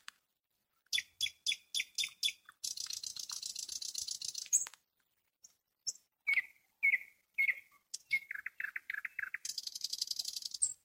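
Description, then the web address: Nightingale song: a run of sharp repeated clicks, a long harsh buzzy rattle, then clear whistled notes and a fast low chattering trill, with short pauses between phrases. "spiew slowika slowik wiejski"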